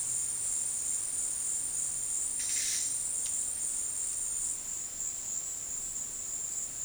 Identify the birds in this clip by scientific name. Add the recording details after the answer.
none. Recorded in dense forest near Puerto Asís, Putumayo, Colombia, on 20 February 2024 at 13:30. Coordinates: 0.472, -76.329. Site G6394